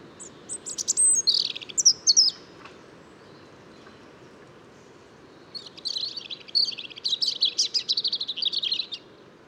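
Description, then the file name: European robin song: high, tinkling phrases of thin whistles and rapid trills, one phrase then a pause of about three seconds and a longer warbling phrase. "Erithacus rubecula"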